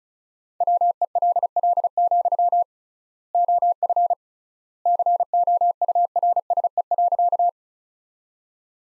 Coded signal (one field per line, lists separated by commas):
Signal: Morse code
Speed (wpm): 36 wpm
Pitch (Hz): 700 Hz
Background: none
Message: WELL, OF COURSE.